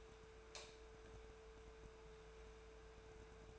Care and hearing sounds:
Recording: daily activity, microphone in the room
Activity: light on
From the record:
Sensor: 2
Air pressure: 1014.6 hPa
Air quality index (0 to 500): 187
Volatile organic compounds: 14 ppm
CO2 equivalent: 2469 ppm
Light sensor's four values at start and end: 29/70/30/34 and 34/88/37/40

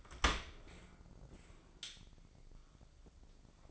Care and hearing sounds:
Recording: daily activity, microphone in the room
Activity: open dishwasher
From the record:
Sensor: 5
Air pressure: 1012.4 hPa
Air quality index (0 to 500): 164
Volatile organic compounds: 2 ppm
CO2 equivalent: 1112 ppm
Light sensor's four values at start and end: 132/315/135/150 and 133/318/136/151

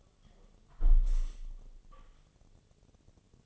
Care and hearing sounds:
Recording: daily activity, microphone in the room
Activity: close window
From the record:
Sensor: 4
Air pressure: 1015.8 hPa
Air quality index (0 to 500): 80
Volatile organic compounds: 1 ppm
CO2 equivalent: 894 ppm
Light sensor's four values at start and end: 9/20/8/7 and 9/20/8/7

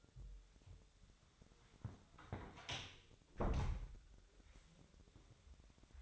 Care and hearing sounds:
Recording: daily activity, microphone in the room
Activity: close door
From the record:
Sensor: 3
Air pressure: 1007.5 hPa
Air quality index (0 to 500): 194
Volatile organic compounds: 15 ppm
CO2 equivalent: 2492 ppm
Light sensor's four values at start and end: 12/29/12/12 and 12/29/12/12

